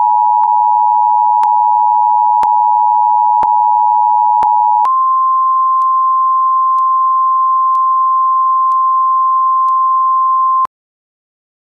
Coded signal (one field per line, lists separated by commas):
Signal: Emergency Alert System (SAME) tones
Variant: 853 and 960 Hz attention tone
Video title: EAS mock-up: Blizzard Warning